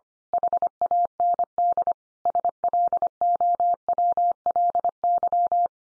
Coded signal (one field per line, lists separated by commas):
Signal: Morse code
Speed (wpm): 25 wpm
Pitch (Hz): 700 Hz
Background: none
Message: HAND SLOWLY